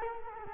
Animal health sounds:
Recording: mosquito wingbeat signal from an infrared sensor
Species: Culex quinquefasciatus

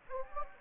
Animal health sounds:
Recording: mosquito wingbeat signal from an infrared sensor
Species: Anopheles gambiae

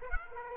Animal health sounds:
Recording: mosquito wingbeat signal from an infrared sensor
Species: Aedes aegypti

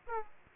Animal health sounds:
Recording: mosquito wingbeat signal from an infrared sensor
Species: Aedes aegypti

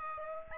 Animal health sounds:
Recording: mosquito wingbeat signal from an infrared sensor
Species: Aedes albopictus

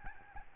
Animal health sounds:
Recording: mosquito wingbeat signal from an infrared sensor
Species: Aedes albopictus

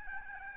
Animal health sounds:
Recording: mosquito wingbeat signal from an infrared sensor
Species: Aedes albopictus

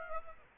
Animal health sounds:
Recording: mosquito wingbeat signal from an infrared sensor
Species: Aedes aegypti

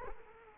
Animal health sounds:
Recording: mosquito wingbeat signal from an infrared sensor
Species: Culex quinquefasciatus

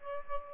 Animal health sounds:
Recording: mosquito wingbeat signal from an infrared sensor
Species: Aedes aegypti

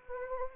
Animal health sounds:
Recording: mosquito wingbeat signal from an infrared sensor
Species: Anopheles arabiensis

